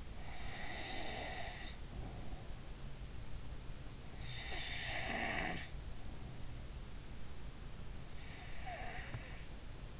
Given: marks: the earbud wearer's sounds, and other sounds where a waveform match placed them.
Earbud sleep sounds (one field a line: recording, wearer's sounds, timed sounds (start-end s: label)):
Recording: sounds in sleep by an in-ear microphone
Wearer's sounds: breath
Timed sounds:
0.00-2.57 s: breath
3.77-6.23 s: breath
8.11-9.94 s: breath